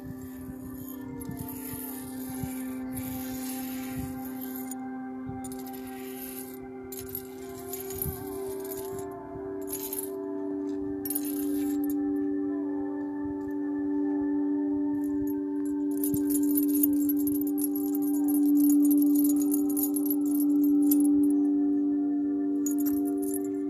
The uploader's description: Tibetan singing bowls, gypsy bracelet, Native American tribal drumming, the birds, wind chimes, kitties joining in